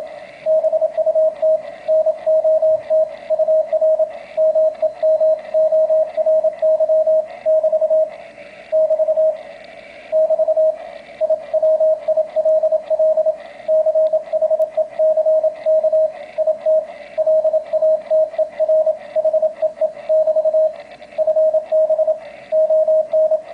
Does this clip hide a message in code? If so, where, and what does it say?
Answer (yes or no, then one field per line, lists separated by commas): yes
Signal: Morse code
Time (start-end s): 0.5-23.4 s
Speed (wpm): 27 wpm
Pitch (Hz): 620 Hz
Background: radio noise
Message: BUT NOT UR MEMORY <BT> <BT> <BT> I WILL CHECK IT LATER HEE <BT> FB ON